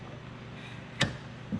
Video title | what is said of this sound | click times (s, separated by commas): Harbor Freight Hercules Miter Saw - CBH | it pops into place when it's lined up | 1.0 s